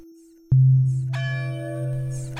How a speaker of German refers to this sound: Im Dorf schlägt es 23:30.